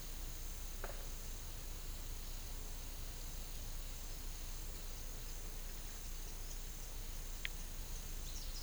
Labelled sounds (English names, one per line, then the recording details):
none
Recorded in pastures near Puerto Asís, Putumayo, Colombia, on 18 December 2024 at 12:00
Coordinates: 0.486, -76.323
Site GP01